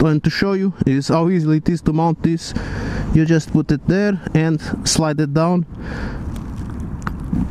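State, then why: Seated. A plastic Cellularline Uni Case Holder 65 phone case holder is placed on its handlebar mount and slid down while someone talks. After small ticks near 6.4 s and 6.7 s, a loud sharp click at 7.1 s marks the holder locking onto the mount.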